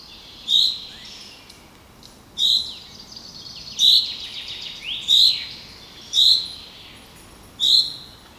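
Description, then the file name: Common chaffinch calling: a sharp, bright single note repeated six times at intervals of about one to two seconds, against a faint background hiss. "Fringilla coelebs"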